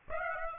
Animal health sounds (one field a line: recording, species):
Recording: mosquito wingbeat signal from an infrared sensor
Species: Aedes aegypti